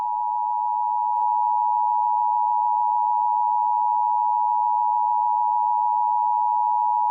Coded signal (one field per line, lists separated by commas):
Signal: Emergency Alert System (SAME) tones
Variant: 853 and 960 Hz attention tone